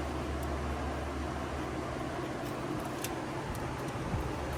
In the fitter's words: Good solid click.